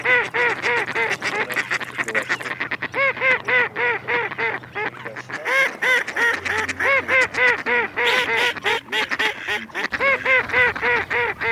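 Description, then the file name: Mallard quacking in a fast, continuous run of harsh, nasal calls, several each second, with a denser burst of overlapping quacks midway through. Recording made for use with a decoy caller. "Кряква Germano"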